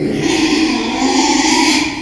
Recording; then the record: squeal of a Yucatan mini pig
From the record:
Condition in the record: after surgery on the right vocal fold (resection and tissue-engineered implant); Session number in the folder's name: 2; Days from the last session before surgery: 13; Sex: male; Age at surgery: 12 weeks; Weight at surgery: 13 kg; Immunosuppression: cyclosporine, prednisolone